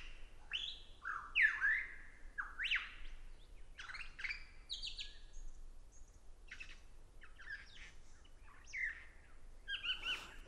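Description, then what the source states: Lyrebird song, a rich jumble of swooping whistles, sharp chips and varied phrases. Male singing and displaying on his mound to attract and impress females, in a Southeast Australian forest.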